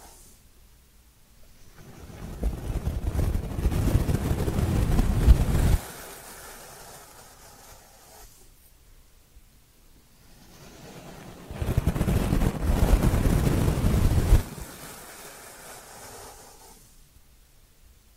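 Ear cleaning sounds swell into two long, muffled rushing bursts, around two to six seconds and twelve to fourteen seconds, with quiet scratchy lulls between.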